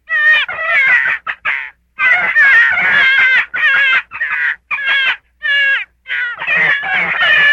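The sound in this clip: Gray fox producing fast series of warbling, high-pitched whines and squeals, grouped in bursts separated by short silences.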